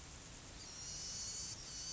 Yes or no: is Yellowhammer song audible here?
no